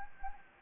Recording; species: mosquito wingbeat signal from an infrared sensor; Anopheles gambiae